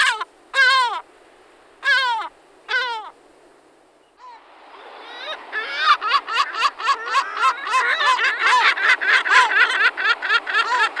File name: Racek zlutonohy Larus fuscus